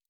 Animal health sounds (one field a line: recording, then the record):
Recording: hydrophone in a shrimp aquaculture tank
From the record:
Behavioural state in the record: normal